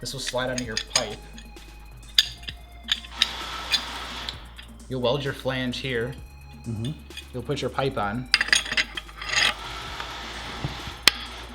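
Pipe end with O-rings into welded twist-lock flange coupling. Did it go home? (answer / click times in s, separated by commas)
yes / 11.1 s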